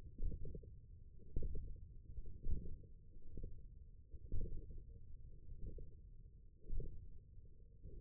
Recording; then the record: forearm muscle sounds (acoustic myography)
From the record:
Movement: radial deviation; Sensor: system 1, eight BSWA MPA416 microphones around the upper forearm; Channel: 5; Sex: male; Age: 20 years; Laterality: left